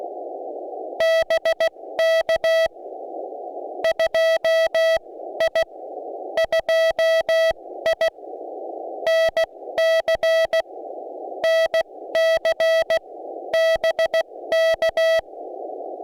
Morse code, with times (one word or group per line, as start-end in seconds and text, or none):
1.0-2.7 BK
3.8-5.6 2I
6.4-8.1 2I
9.1-10.6 NC
11.4-13.0 NC
13.5-15.2 BK